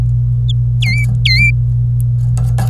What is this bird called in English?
Domestic Canary